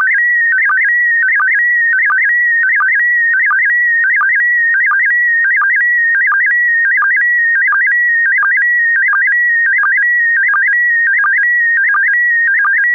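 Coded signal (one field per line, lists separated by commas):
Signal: SSTV (slow-scan television)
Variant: PD90 mode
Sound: warbling whistle-like tone with a regular chirpy sync blip about every 0.7 seconds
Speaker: Aan het eind van de uitzending hebben we wel SSTV. SSTV met PD90. SSTV met PD90.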